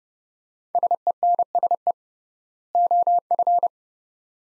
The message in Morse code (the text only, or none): SENSE OF